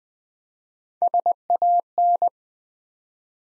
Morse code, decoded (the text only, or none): SAN